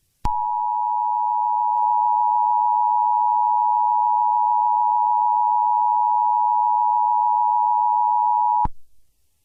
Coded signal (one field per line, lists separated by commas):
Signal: Emergency Alert System (SAME) tones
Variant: 853 and 960 Hz attention tone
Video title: EAS Mock Scenario: Awaken